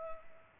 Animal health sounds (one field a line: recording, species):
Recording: mosquito wingbeat signal from an infrared sensor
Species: Culex pipiens